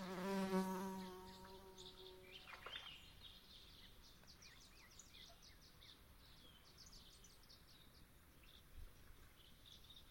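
A swamp at dusk opens with a loud insect-like buzz that drones for about two seconds, with a quick rising call near the three-second mark. After that, a steady low hum continues while high chirps and twittering calls flicker throughout, and a soft thud lands near nine seconds.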